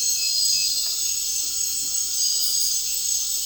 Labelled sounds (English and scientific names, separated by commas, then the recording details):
none
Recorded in dense forest near Puerto Asís, Putumayo, Colombia, on 4 March 2025 at 23:30
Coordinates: 0.467, -76.328
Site G041